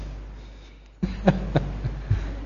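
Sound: imitated coughing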